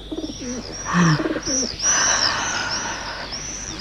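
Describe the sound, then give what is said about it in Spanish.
Birds chirp steadily in high, repeated notes while white pigeons coo in low, throaty pulses underneath, the cooing coming in short bursts against a constant bed of twittering, as the birds fly past the eaves. “Compruebo que los pájaros la excitan cuando, como ahora, en sus vuelos ágiles, evitan los aleros o pasan rozando junto a ella, creando una repentina ráfaga de viento.”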